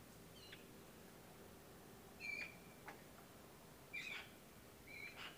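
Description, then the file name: Eurasian magpie calls: a few short, high, clipped notes, spaced irregularly over a quiet, faintly hissing background. "Pica pica"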